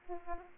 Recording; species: mosquito wingbeat signal from an infrared sensor; Aedes aegypti